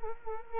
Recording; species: mosquito wingbeat signal from an infrared sensor; Culex quinquefasciatus